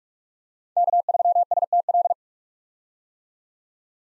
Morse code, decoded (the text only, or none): K3STL